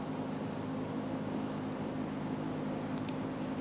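The green plastic locking tab on the electrical connector of a fuel pump on a 1994-1997 Honda Accord is pushed closed against a steady low hum. Two quick, sharp clicks are heard at 3.0 s and 3.1 s as the tab snaps shut and the connector is secured.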